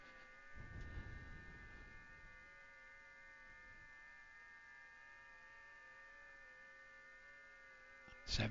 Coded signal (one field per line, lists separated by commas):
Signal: FT8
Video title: Hermes Lite 2 and WSJT-X Digital Modes